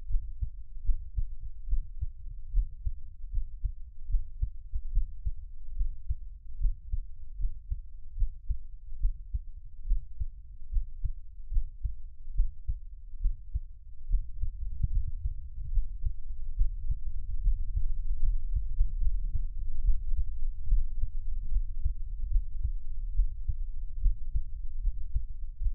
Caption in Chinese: 台灣ASMR | 獻上我的心跳 | Give my Heartbeat | NO Talking。